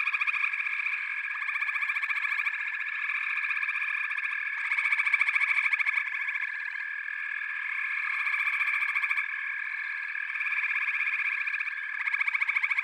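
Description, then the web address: Continuous frog chorus of overlapping pulsed trills and steady high notes, with several louder bursts of rapid pulsing coming and going. "The Natural Sounds of the Wilderness. Echoes of Nature - Frog Chorus"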